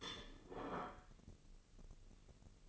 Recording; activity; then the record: daily activity, microphone in the room; place plate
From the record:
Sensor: 4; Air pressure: 1008.3 hPa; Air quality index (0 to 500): 83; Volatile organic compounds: 1 ppm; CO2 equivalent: 654 ppm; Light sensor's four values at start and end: 12/28/11/11 and 12/28/11/11